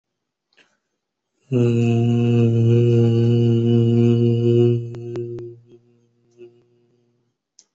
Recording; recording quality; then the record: sustained vowel as in beet; poor, much background noise or distortion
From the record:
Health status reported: recovered from COVID-19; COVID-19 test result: positive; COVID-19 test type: RT-PCR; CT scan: not taken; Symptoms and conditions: none ticked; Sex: male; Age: 25 years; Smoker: no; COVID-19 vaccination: both doses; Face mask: not worn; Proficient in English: yes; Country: India